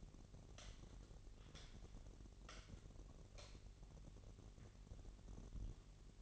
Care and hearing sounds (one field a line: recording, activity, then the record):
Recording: daily activity, microphone in the room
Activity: light on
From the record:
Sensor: 4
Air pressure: 1012.7 hPa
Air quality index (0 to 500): 246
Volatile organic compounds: 4 ppm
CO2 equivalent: 1681 ppm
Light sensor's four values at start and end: 14/33/13/14 and 17/42/17/18